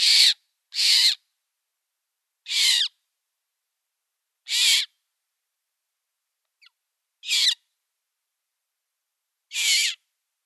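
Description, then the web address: Eurasian magpie nestlings beg with rasping, hissy bursts, six loud calls spaced roughly one to three seconds apart, quiet gaps in between. "Schulze Peter Eurasian Magpie nestlings"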